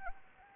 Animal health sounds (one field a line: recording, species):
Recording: mosquito wingbeat signal from an infrared sensor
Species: Anopheles arabiensis